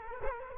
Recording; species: mosquito wingbeat signal from an infrared sensor; Culex quinquefasciatus